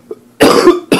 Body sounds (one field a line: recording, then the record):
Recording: coughing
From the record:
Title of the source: Coughing 77